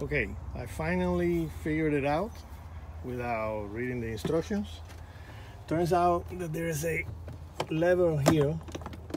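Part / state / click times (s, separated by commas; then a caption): cassette locking lever on the RV cassette bay / not seated / none. Someone talks while handling the locking lever on the cassette bay of a Thor Rize RV, working the black water cassette into its bay, with a few short knocks near the end of the clip. Nothing has seated or clicked yet; the cassette is not yet home when the clip ends.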